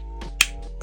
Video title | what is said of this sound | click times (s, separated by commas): SAR B6: Step-by-step Full Reassembly | make sure you hear it click | 0.4 s